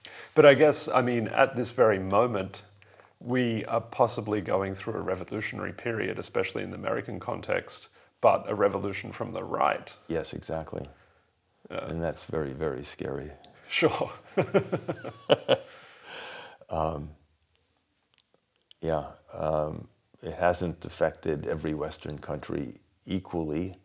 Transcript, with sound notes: But I guess, I mean, at this very moment, we are possibly going through a revolutionary period, especially in the American context, but a revolution from the right.
Yes, exactly, and that’s very, very scary.
Sure. [laughs]
Yeah. It hasn’t affected every Western country equally.